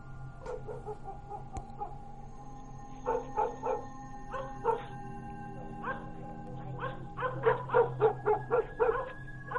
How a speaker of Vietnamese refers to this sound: Ấy thế nhưng nếu mà đang yên tĩnh, bỗng những con chó quê cứ chu lên từng tiếng một dứt quãng, hoặc cứ sủa nhấm nha nhấm nhặng, tức là chúng nó đã nhìn thấy những thứ không sạch sẽ.